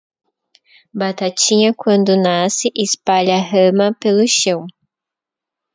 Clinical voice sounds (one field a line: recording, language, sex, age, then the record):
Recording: short text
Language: Brazilian Portuguese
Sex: female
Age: 30 to 39 years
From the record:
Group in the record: control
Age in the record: 33 years